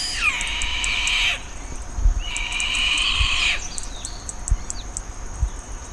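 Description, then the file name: Bird gives two long, harsh, raspy calls in quick succession, followed by quieter stretches with low bumps and a steady high tone. "SABIOD 50 bird 2015"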